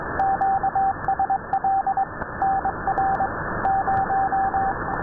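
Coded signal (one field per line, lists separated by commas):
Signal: Morse code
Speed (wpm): 21 wpm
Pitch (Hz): 780 Hz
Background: radio noise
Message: QSL NR 0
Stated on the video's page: Numbers station on 6607 kHz CW received near Tampa, Florida with a Winradio Excalibur Pro and Wellbrook loop.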